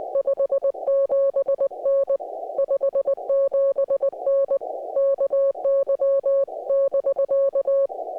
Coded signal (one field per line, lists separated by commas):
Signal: Morse code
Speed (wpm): 19 wpm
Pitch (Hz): 550 Hz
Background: music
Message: 57N 57N KY<BK>